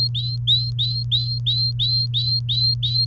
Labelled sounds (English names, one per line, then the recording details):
Domestic Canary song
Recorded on 30 April 2018 at 07:50
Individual llb3